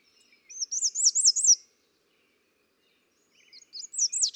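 American redstart song: a quick series of high, thin, wavering notes lasting about a second, followed after a pause by the start of another phrase.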